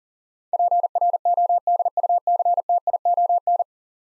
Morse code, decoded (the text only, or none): PRODUCTION